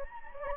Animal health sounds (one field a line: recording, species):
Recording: mosquito wingbeat signal from an infrared sensor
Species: Anopheles gambiae